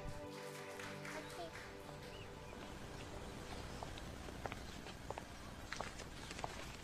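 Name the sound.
audience applause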